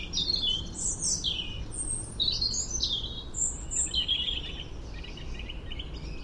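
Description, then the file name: European robin singing rapid, sparkling high phrases, each a quick jumble of thin notes at changing pitches, delivered almost continuously over light hiss. "Erithacus rubecula"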